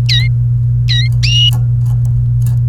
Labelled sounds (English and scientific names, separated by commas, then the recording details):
Domestic Canary (Serinus canaria) song
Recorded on 29 April 2018 at 11:30
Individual llb3